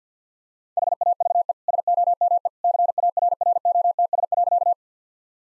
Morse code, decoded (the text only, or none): HAVE SOME CARROTS.